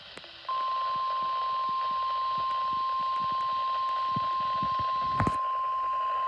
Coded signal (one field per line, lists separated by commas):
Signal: Emergency Alert System (SAME) tones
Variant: 1050 Hz attention tone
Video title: EAS Completion #30 Marginal Risk Insantiy EAS Alerts from July 3 EAS 849-904